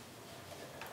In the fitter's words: when you take it apart and put it back together make sure you hear both clicks